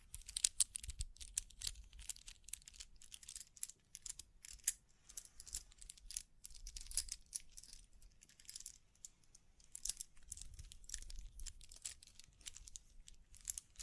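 Busy tapping, scratching and brushing sounds run the full length, a dense stream of quick, bright clicks and crinkly rustles with barely a pause. Soft low thumps come and go beneath them, and the overall loudness rises and falls unevenly.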